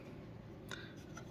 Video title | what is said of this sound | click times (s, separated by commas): HOW TO REPLACE BROKEN KEYLESS DOOR HANDLE - DIY - VEDANG RANE | press it inside, and then this door handle will automatically lock, and you'll hear a clicking sound because it does click here. | 0.7 s